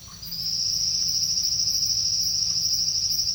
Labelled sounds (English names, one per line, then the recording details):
none
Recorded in secondary vegetation near Puerto Asís, Putumayo, Colombia, on 8 March 2025 at 08:00
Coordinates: 0.498, -76.327
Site G001